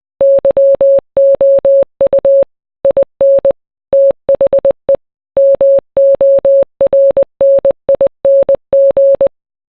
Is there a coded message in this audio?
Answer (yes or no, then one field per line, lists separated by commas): yes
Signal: Morse code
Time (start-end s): 0.2-9.3 s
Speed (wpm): 20 wpm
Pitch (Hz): 550 Hz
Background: none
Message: YOU IN THE MORNING